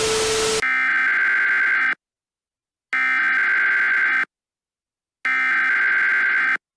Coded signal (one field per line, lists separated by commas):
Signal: Emergency Alert System (SAME) tones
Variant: header bursts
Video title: EAS Scenario: The Frost Apocalypse [FULL]